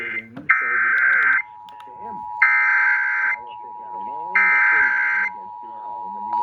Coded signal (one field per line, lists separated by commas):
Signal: Emergency Alert System (SAME) tones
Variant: header bursts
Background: speech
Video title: Los Angeles Required Monthly Tests (EAS #1058-#1070)